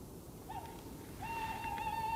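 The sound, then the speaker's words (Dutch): An owl calls twice, a short hoot followed by a long, steady, drawn-out note at a mid pitch, rising over a constant hiss of background noise. “Dat het een andere uil is.”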